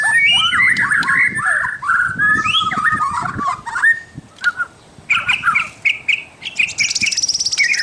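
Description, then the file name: White-rumped shama song starting with dense, varied whistled phrases, then short repeated chirps separated by pauses, ending in a high buzzy trill. Indonesian name murai batu, labelled mahkota. "suara murai batu mahkota"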